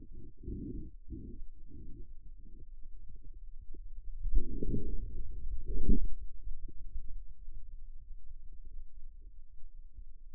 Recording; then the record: forearm muscle sounds (acoustic myography)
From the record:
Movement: outward rotation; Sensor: system 2, bracelet of six BSWA MPA416 microphones around the upper forearm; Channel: 6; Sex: male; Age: 22 years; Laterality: right